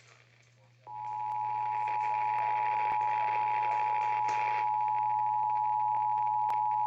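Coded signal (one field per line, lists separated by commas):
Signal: Emergency Alert System (SAME) tones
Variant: 853 and 960 Hz attention tone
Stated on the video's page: Real EAS tones from severe weather alerts.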